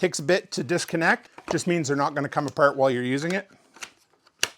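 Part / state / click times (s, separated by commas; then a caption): aluminum extension tube into stick vacuum body/head connection / seated / 4.4 s. Someone talks for about 3.5 seconds while the dented, lightweight aluminum rectangular extension tube of a Craftsman V20 cordless stick vacuum is pushed back into its stiff connection with the vacuum body/head. A few faint handling ticks follow, then a single sharp, loud snap at 4.4 s as the tube seats in place.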